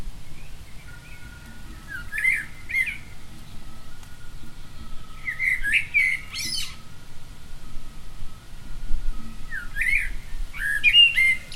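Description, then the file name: Common blackbird calls: three clusters of quick high chirps a few seconds apart, with a faint steady tone underneath. "Turdus merula"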